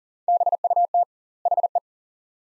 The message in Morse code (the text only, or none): BUT HE